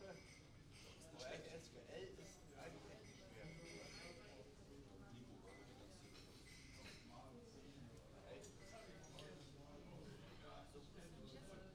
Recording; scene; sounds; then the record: everyday scene through a hearing-aid microphone; many people talking; many voices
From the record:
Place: university cafeteria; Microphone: in the ear canal, right